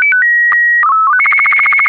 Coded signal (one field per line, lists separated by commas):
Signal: SSTV (slow-scan television)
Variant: Robot BW 8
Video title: Daily Minutes, January 5, 2016, without the Contestia